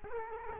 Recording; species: mosquito wingbeat signal from an infrared sensor; Culex quinquefasciatus